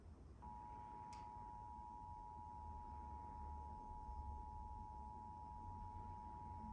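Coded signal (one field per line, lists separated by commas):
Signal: Emergency Alert System (SAME) tones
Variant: 853 and 960 Hz attention tone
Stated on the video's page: Pennsylvania required monthly test carried on Comcast cable and the WNEP, iON and PBS Kids channels.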